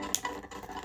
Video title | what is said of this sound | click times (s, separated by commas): How to Replace Laptop Key After Cats Destroy It | But let's press that in place. It did snap in place. | 0.2 s